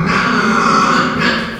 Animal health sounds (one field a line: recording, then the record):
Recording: squeal of a Yucatan mini pig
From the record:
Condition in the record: after surgery on the right vocal fold (resection and tissue-engineered implant)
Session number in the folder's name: 15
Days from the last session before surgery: 175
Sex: female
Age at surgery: 19 weeks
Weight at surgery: 25 kg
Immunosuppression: prednisolone